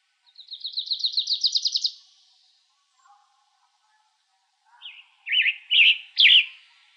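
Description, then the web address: Western tanager song: a fast high trill at the start, then a few short burry phrases near the end, with quiet between. Arizona, 1 May 2005. "Tanagers WETA 050501"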